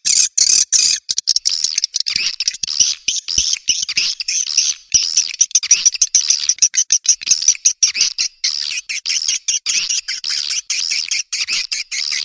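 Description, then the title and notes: Swiftlet calls: a continuous, busy stream of high sharp notes and twitters without a real pause. Sound used in swiftlet farming in Asia to attract birds. "Swiflet Bird Sound. Farming Swiflet Bird asia sound"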